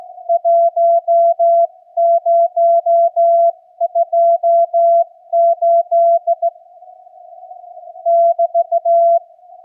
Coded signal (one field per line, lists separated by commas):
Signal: Morse code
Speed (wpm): 16 wpm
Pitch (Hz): 680 Hz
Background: none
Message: 1028 <BT>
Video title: QRS CW QSO in Heavy QSB - Tnx to GB1UDE